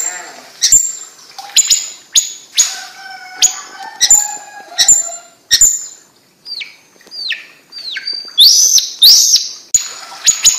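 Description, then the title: Bird singing a varied phrase of high whistles, downslurred notes and clicks, ending with bright rising chirps. "Kicau Burung Yoi"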